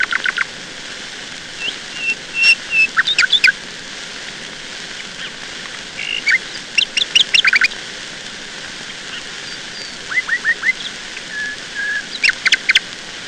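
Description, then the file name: Nightingale song with scattered phrases of whistled notes, clicks and short trills, separated by brief pauses. "Solovei"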